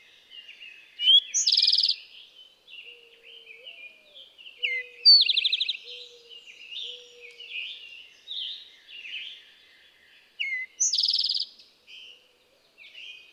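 Eastern towhee giving bright notes and a quick metallic trill, three phrases spaced several seconds apart, over a chorus of faint bird calls.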